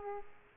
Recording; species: mosquito wingbeat signal from an infrared sensor; Aedes aegypti